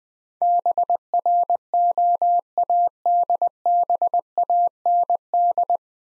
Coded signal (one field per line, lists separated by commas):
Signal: Morse code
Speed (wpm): 20 wpm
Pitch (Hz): 700 Hz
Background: none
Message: BROADBAND